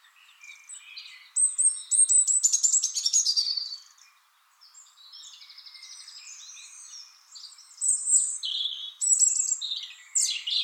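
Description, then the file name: European robin song: high, varied warbling phrases of thin whistles and fast trills, pausing briefly midway, then resuming with sweeping, tinkling notes. "Erithacus rubecula"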